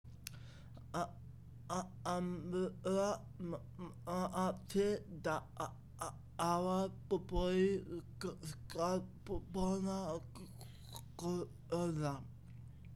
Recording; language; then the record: elicited speech; Bengali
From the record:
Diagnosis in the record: Broca's or global aphasia after a stroke